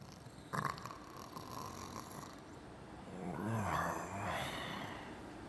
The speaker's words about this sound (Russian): Данис Матюш, стоя перед решеткой камеры в подвале под своей типографией, смотрел на лежащего и пьяно храпящего человека в очень дорогом костюме. Пленник то и дело переворачивался на неудобных металлических нарах, еще даже не подозревая, где оказался.